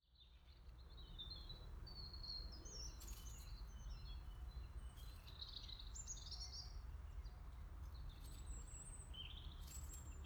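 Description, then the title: Birds sing in scattered high chirps and short whistled phrases above a constant loud low background rumble. Birds in a forest, recorded 18 March 2020. "eine-minute media 20200318 voegel im wald eine maus und ein motorrad"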